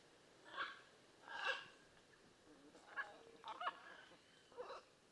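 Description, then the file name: Blue-and-yellow macaw squawks, harsh and raspy, several faint bursts spread unevenly across several seconds over a steady hiss of background noise. "Blue and yellow Macaw Ara ararauna"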